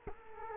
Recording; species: mosquito wingbeat signal from an infrared sensor; Culex quinquefasciatus